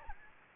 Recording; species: mosquito wingbeat signal from an infrared sensor; Aedes aegypti